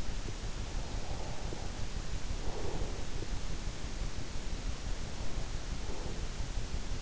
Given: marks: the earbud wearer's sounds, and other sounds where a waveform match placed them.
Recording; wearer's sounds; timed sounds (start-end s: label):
sounds in sleep by an in-ear microphone; breath
0.84-3.23 s: breath